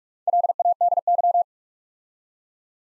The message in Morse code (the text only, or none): LADY